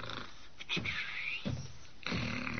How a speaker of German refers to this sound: Als der Meister Eder in die Werkstatt kam, schnarchte der Pumuckl, als würde er schlafen.